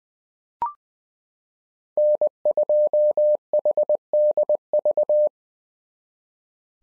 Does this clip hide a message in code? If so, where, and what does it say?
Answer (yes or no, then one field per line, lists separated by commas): yes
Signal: Morse code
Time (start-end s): 2.0-5.3 s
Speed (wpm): 20 wpm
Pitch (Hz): 600 Hz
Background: none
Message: N2HDV